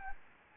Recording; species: mosquito wingbeat signal from an infrared sensor; Anopheles gambiae